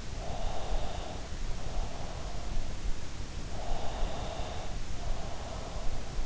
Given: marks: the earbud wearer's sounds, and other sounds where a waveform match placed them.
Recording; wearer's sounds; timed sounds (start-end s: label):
sounds in sleep by an in-ear microphone; breath
0.09-2.32 s: breath
3.81-6.04 s: breath